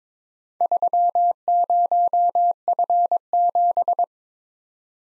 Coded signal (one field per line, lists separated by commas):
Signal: Morse code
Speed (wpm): 22 wpm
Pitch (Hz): 700 Hz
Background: none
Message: 30F7